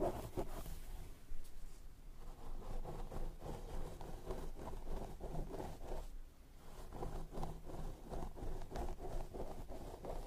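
Scalp massage and hair brushing, heard as a steady, dense rustling and scraping that barely lets up. Quick strokes repeat every second or so, with a brighter, harsher burst at the start and a brief softer lull around six seconds.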